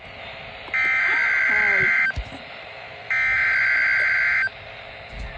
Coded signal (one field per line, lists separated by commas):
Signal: Emergency Alert System (SAME) tones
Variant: header bursts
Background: speech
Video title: SVA #417 UPDATE #2 (EAS #27)